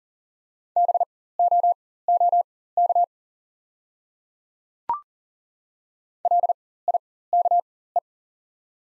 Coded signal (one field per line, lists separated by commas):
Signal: Morse code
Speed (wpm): 39 wpm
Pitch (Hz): 700 Hz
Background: none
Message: BOOK LIKE